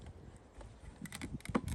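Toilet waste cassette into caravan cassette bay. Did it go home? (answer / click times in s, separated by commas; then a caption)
no / none. A caravan toilet waste cassette, with chemical already added, is pushed back into its hatch in the cassette bay, where its plastic catch is meant to engage. Quiet rubbing and handling noises build into brief sharp knocks at about 1.6 and 1.8 seconds. Nothing has seated or clicked into place yet.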